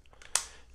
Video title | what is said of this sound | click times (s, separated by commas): Crocodile Leather Cover Case For The Galaxy Z Fold 2. | and that snaps right into place | 0.4 s